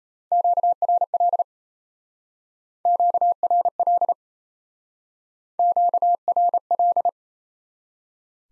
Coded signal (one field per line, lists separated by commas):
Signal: Morse code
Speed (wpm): 37 wpm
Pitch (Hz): 700 Hz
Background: none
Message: QRL QRL QRL